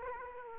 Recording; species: mosquito wingbeat signal from an infrared sensor; Aedes aegypti